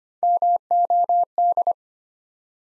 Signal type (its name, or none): Morse code